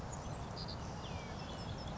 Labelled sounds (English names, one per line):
Savannah Sparrow